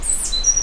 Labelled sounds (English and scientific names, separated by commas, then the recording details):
Stitchbird (Notiomystis cincta) song
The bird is a male
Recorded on Tiritiri Matangi Island, New Zealand, in 2005
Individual 2, of nest box 2